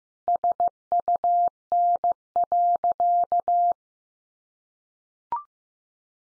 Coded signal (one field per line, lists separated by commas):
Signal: Morse code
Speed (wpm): 15 wpm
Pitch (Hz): 700 Hz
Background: none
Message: SUN.